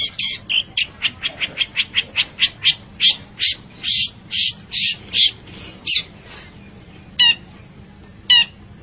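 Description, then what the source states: Long-tailed shrike delivering a quick series of grating, chattering notes that lengthen and slow, ending with two isolated sharp calls. Bird described as gacor, singing actively and frequently.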